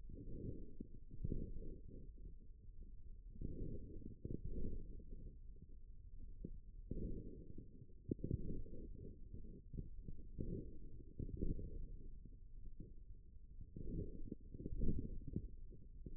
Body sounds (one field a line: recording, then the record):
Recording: forearm muscle sounds (acoustic myography)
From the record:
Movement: forearm pronation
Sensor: system 1, eight BSWA MPA416 microphones around the upper forearm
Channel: 3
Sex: male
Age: 41 years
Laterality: right